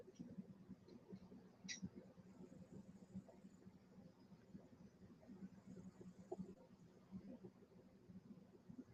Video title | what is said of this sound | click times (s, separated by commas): Enterprise-D states 82-86 | oh no that's the wrong way it it won't snap in there if you do it that way | none